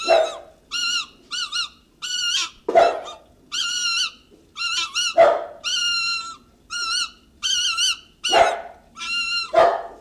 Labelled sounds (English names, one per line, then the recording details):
Fennec Fox
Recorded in captivity
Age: adult
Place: Tierpark Berlin, Berlin, DE
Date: 1969-03-22 10:00
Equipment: Uher 4200 Report Stereo, Sennheiser MD 421, Verstärker 1, Doppelspuraufnahme
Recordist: Tembrock, Günter